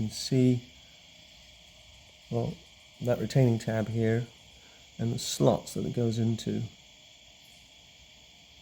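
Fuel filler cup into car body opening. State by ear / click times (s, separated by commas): not seated / none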